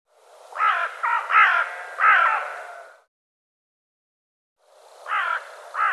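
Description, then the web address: Bird giving harsh, crow-like caws in a quick group of four, then silence, then two more caws. "cianscape birddata Deverinetal 2025"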